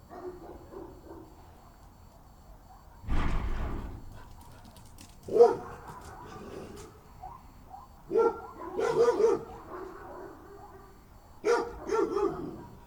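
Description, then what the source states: Dog barking in short, scattered bursts: a low thump, then single barks and a quick double bark. Dog at night.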